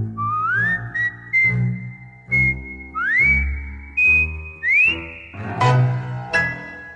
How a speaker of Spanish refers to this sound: además de cantar, ella es una buena silbadora y se reserva una pista para un tema tan solo silbado.